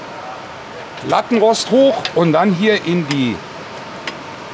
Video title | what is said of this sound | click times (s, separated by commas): Wohnmobil zum DISCOUNTPREIS 🔴 Campervan Clever Celebration 600 2024 | Schnalle einfach einklipsen so und jetzt | 4.1 s